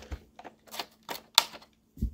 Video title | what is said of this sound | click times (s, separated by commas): How to change the brushes on a Dyson DC23 power head | clockwise till you get a click | 1.4 s